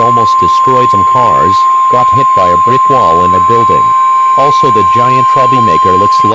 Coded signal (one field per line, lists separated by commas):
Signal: Emergency Alert System (SAME) tones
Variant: 1050 Hz attention tone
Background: speech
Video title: USA EAS Alarm Quadparsion 2